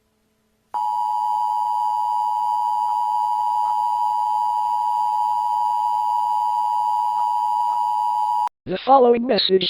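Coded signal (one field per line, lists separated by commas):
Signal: Emergency Alert System (SAME) tones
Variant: 853 and 960 Hz attention tone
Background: speech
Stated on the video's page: Fictional mock EAS alert, simulated rather than a real activation.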